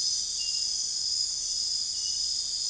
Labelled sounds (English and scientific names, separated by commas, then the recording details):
none
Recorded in secondary vegetation near Puerto Asís, Putumayo, Colombia, on 21 December 2024 at 22:30
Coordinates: 0.484, -76.319
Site GP06